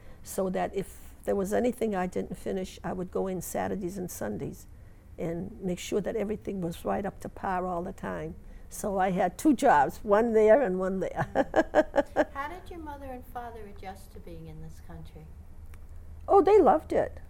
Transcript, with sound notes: So that if there was anything I didn't finish, I would go in Saturdays and Sundays, and make sure that everything was right up to par all the time, so I had two jobs. One there, and one there. ( she laughs )
How did your mother and father adjust to being in this country?
Oh, they loved it.